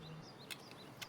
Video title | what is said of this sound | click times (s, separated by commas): Weber Ash Sweeper Install - 7444 One-Touch Cleaning System Kit Repair #WeberRepair | you should hear a little snap again the instructions do a really good job at explaining this process | 0.5 s, 1.0 s